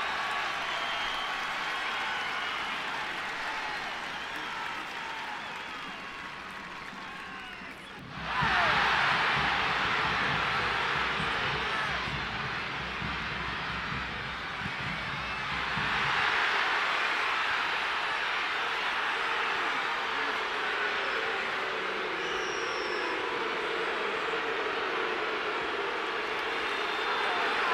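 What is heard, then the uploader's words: Birmingham Legion FC fans fill the air with steady crowd roar, surging loudly around eight seconds, easing near sixteen, then holding a busy murmur. Sounds of 18,418 Birmingham Legion FC Fans.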